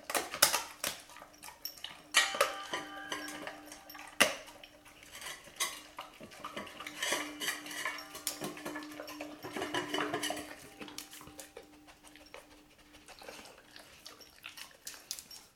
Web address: Mc Kinney Sound. dog labrador eat chicken bones in metal bowl